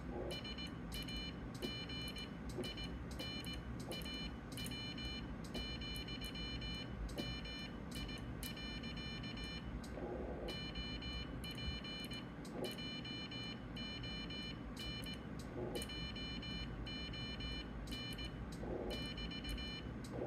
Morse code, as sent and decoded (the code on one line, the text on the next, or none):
... .- --. .. -. .- .-- --..-- -- .. .-.-.- / --- .--. / .--- --- -. / .--- --- -. / -...-
SAGINAW,MI. OP JON JON <BT>